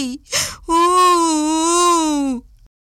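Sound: child crying and wailing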